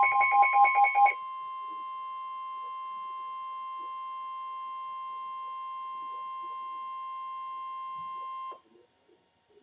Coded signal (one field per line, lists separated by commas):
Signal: Emergency Alert System (SAME) tones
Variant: 1050 Hz attention tone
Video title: NOAA Weather Radio Alert #479-481 (3 Flash Flood Warnings)